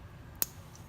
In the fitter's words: it locks in place